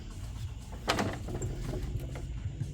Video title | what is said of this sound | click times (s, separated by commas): MERCEDES W164 ML350 4MATIC AUTOMATIC TRANSMISSION 7G-TRONIC OIL FLUID HOW TO SERVICE CHANGE REPLACE | Remember, it just plugs by pushing until it clicks. | 0.9 s